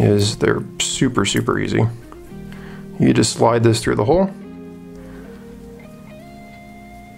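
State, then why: Not seated. A watch strap end is slid through the hole of the adjustable clasp while someone talks over soft background music with guitar. Nothing has seated or clicked yet; the clip ends before the clasp snaps closed.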